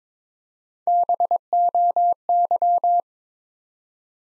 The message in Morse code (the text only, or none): BOY